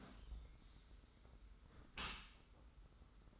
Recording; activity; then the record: daily activity, microphone in the room; close dishwasher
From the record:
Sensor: 3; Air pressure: 991.3 hPa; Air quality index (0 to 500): 136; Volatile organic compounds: 234 ppm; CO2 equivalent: 4317 ppm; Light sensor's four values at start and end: 52/141/57/51 and 52/141/57/51